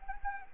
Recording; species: mosquito wingbeat signal from an infrared sensor; Anopheles arabiensis